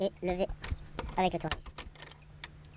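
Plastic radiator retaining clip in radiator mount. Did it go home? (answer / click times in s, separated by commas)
released / 1.8 s, 2.4 s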